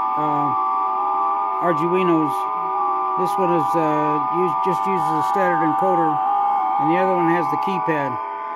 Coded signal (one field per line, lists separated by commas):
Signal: FT8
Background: speech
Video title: 10M SSB Transceiver is inhaling RF